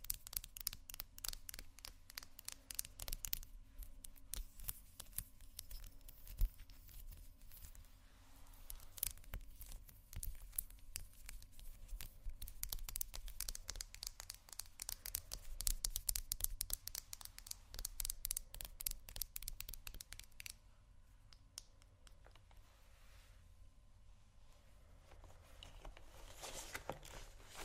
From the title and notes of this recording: ASMR Rummaging Through My Makeup Bag （No Talking）.